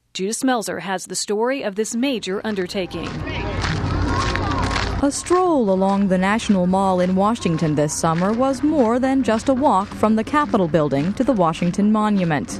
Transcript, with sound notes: Judith Smelser has the story of this major undertaking.
[The sound of people walking.] A stroll along the National Mall in Washington this summer was more than just a walk from the Capitol building to the Washington Monument.